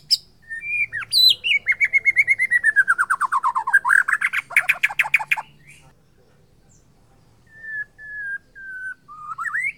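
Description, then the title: White-rumped shama song: a fast run of descending whistled notes, then harsh buzzy trills, a pause, and a few clear flat whistles rising at the end. Bornean form of the white-rumped shama. "MURAI BORNEO MAS KIKI"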